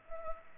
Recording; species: mosquito wingbeat signal from an infrared sensor; Culex pipiens